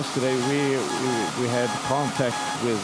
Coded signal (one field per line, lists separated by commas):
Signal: Morse code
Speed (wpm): 15 wpm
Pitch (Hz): 840 Hz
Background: speech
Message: SA<BT>